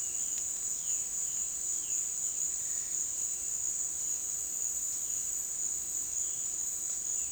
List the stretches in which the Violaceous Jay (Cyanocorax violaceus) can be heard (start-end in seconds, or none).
0.00-7.32